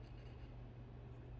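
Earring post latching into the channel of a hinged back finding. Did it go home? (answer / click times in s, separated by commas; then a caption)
no / none. A rope-look costume earring is handled as its post is brought toward the channel of its hinged back finding, with only a steady low hum and faint soft rustling heard. Nothing has seated or clicked yet.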